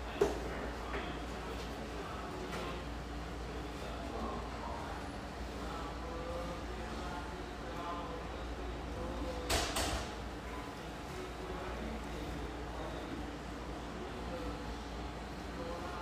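Coffeehouse sound with a steady bed of overlapping chatter and soft music, a constant low hum underneath. Brief clatters break in near the start and around the middle, likely a door or cups, and a few quieter knocks follow later.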